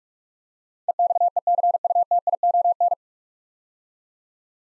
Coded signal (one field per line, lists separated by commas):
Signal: Morse code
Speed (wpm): 42 wpm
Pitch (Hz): 700 Hz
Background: none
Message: EXECUTION